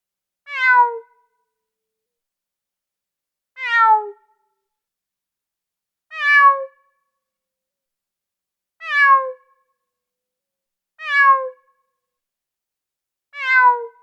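Cat meowing, six downward-sliding meows spaced roughly every two to three seconds against a quiet background.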